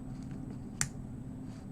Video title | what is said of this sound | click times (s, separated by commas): DIY 3pairs OF SPARKLY HOLIDAY EARRINGS | so now I'm gonna close the jump ring wait to hear that click | 0.8 s